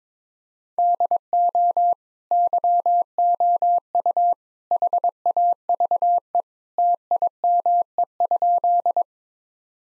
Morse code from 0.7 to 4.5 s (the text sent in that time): DO YOU